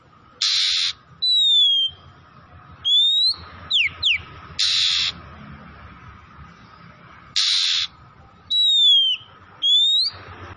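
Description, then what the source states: Oriental magpie-robin alternating harsh, raspy bursts with clear sliding whistles and quick downward notes, phrases spaced a second or two apart, faint hum throughout. Tretes kacer singing vigorously, described as gacor.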